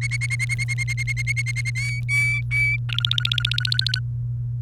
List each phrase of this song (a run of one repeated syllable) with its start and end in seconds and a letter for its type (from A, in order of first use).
0.01-1.70 A, 1.75-2.77 B, 2.89-3.99 C